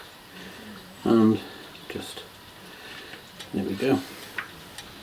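A small valve-core removal tool is pushed into the metal valve stem of an e-bike inner tube, with the valve cap off, until it engages the core. Someone talks, and the tool clicks onto the core at 4.4 s, seating it before the core is unscrewed.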